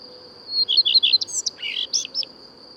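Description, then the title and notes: Common redstart song: a short phrase of high, quick twittering notes with a few slurred, descending whistles, over a steady high tone. Common redstart (Phoenicurus phoenicurus); returns to the region in April, often sings from a conspicuous high perch on a tree or roof; breeds in forest. "Rougequeue à front blanc ( Phoenicurus phoenicurus ) Il revient dans nos régions en avril et se poste souvent bien en vue et assez haut sur un arbre ou un toit pour chanter. Espèce nicheuse en forêt"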